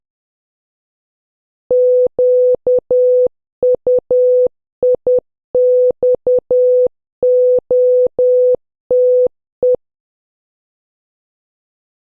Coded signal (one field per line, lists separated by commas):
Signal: Morse code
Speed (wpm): 10 wpm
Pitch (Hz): 500 Hz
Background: none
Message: QUIXOTE